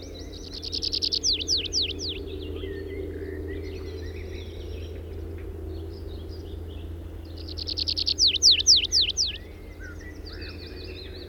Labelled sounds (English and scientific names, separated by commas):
Tree Pipit (Anthus trivialis) song